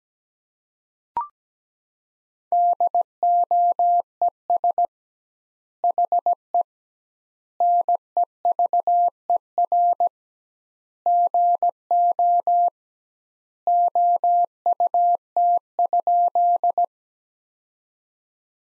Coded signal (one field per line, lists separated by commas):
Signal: Morse code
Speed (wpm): 17 wpm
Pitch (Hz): 700 Hz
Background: none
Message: DOES HE NEVER GO OUT?